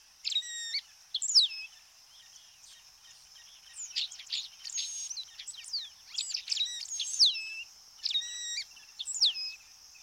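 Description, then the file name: White-browed meadowlark song: bursts of sharp high notes and sliding whistles, repeated several times, over a steady high-pitched insect drone. "Canto da loica de sobrancelha branca"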